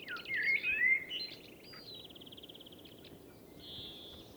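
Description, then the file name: Common blackbird song: a mellow, fluted warble in the first second, then a thin twitter and a fast high trill fading out. "Turdus merula"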